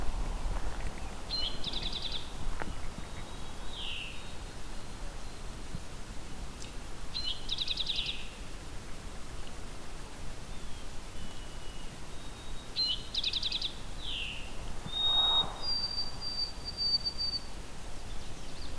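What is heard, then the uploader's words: Outdoor summer ambience at Fletcher Creek Ecological Preserve, with a steady low rumble and hiss underneath. Short, bright bird calls come in small bursts every few seconds, including a repeated trilled phrase near 2, 7.5 and 13 seconds, plus a thin high whistle near the end. White-throated Sparrow. A summer's day at Fletcher Creek Ecological Preserve in Flamborough, Ontario.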